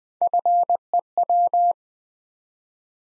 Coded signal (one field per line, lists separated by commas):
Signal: Morse code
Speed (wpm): 20 wpm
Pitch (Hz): 700 Hz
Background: none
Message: FEW